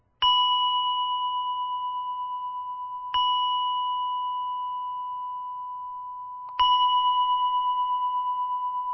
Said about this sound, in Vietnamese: Tâm hồn phải thanh thản, phải nhẹ nhàng mới đủ cái công lực lên thỉnh chuông. Cho nên cái người thỉnh chuông lên là phải nhẹ nhàng 3 tiếng.